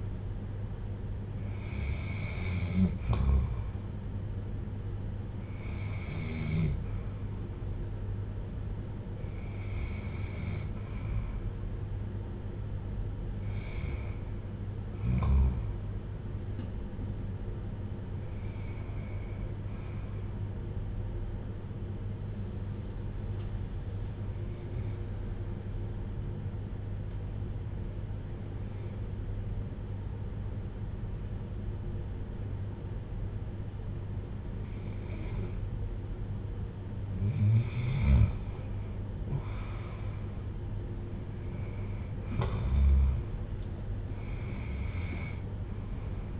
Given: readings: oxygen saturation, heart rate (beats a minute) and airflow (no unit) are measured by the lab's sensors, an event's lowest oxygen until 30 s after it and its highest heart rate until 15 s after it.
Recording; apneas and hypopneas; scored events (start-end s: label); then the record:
breathing in sleep by a smartphone at the bedside; 1
24.00-41.10 s: hypopnea (REM, oxygen 95% highest, then 88% lowest, heart rate 63 at the start, 78 highest)
From the record:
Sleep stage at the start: REM sleep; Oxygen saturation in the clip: 86 to 95%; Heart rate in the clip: 60 to 78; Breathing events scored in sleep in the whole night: 310 in 8.1 hours asleep